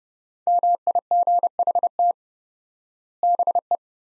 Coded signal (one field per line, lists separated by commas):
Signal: Morse code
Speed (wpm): 30 wpm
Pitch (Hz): 700 Hz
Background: none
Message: MIGHT BE